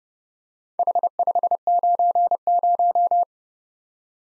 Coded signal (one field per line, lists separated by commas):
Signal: Morse code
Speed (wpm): 28 wpm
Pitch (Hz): 700 Hz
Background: none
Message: H590